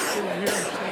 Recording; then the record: coughing mixed with background sound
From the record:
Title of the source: 34 coughing up crap again